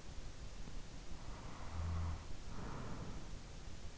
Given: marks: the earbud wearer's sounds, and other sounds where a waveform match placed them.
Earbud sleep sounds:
sounds in sleep by an in-ear microphone; snoring breath
0.85-3.78 s: snoring breath

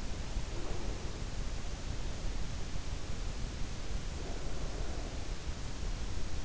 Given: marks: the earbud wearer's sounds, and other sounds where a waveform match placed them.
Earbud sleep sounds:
sounds in sleep by an in-ear microphone; breath
0.15-1.41 s: breath
3.94-5.26 s: breath

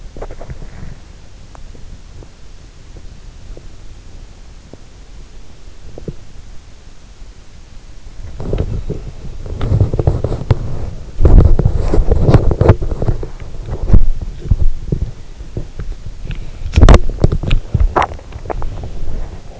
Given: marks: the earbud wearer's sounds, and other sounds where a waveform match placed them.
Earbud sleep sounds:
sounds in sleep by an in-ear microphone; body movement
0.00-19.60 s: body movement

